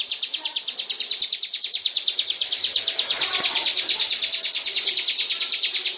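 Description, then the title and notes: Prinia delivering a continuous trill-like series of high, sharp notes, rapidly repeated, steady and unbroken. Full, continuous song including the rolling song style called ngerol. "Suara Kicau Burung Prenjak Lengkap dan Ngerol"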